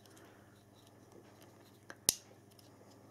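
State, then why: Seated. A plastic sliding lock clip is pushed over the folded arm of a small foldable YiZHAN i5hw WiFi camera quadcopter drone to lock it in place. After a faint tap at 1.9 s, a sharp, bright click sounds at 2.1 s over a low steady hum. The clip is seated and the arm is locked into position.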